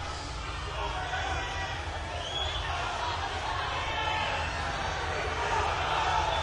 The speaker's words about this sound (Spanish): Tan solo algunos gritos en más de 20.000 personas casi en silencio.